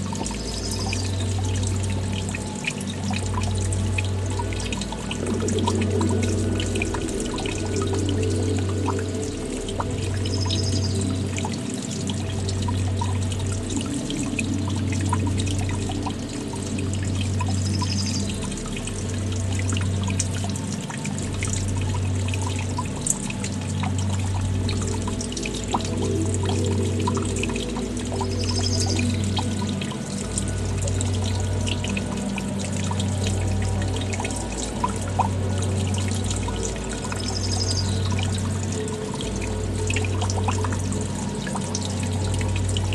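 A brook runs steadily and densely throughout, an even rush of water mixed with soft relaxing music. A deep, soft pulse repeats every couple of seconds beneath it, and a few brief high bird chirps rise above the stream now and then.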